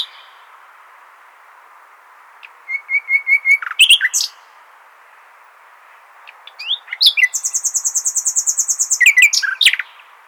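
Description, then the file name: Common nightingale song with a quick series of clicking notes ending in sharp chirps, then a long, fast, buzzing trill of rapidly repeated notes. "Luscinia megarhynchos"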